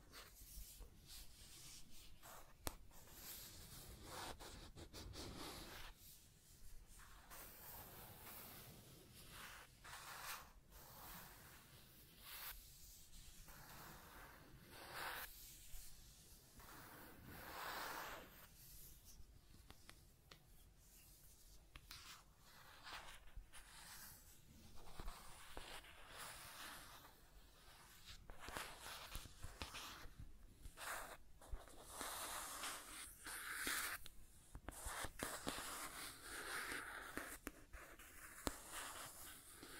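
Scratching and tracing sounds run through the whole 40 seconds as dry, rough rubbing strokes, like a tool dragged across a surface. Short bright scrapes come in quick bursts several times a second, broken by brief pauses. A soft hiss sits underneath throughout.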